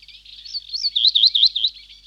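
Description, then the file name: Reed bunting delivering a single quick phrase of high, undulating notes, each swooping up and down. "Reed Bunting (Emberiza schoeniclus)"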